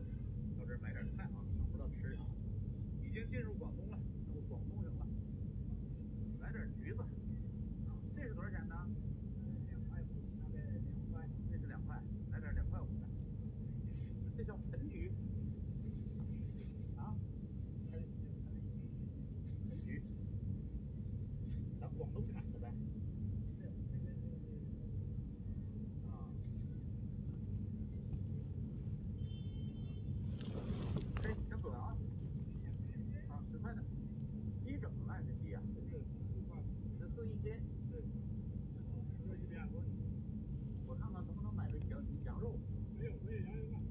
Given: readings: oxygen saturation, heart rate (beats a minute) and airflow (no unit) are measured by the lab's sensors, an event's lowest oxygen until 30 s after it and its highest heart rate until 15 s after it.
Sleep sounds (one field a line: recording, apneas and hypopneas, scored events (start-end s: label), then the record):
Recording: a person awake in a sleep study, by a smartphone at the bedside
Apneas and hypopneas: none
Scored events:
0.00-43.91 s: awake
From the record:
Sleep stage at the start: awake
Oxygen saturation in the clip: 95 to 96%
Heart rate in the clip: 68 to 75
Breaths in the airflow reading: 9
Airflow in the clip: -4.6 to 5.2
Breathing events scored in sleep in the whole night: 131 in 7.2 hours asleep